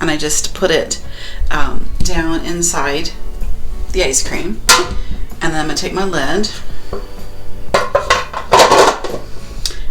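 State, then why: Seated. A plastic lid is pressed down onto an ice cream maker's freezer bowl, after the paddle has been placed inside, until it latches. Someone talks over background music, with clattering handling sounds around 7.8–8.5 seconds. The lid snaps into place with a sharp click at 9.7 seconds.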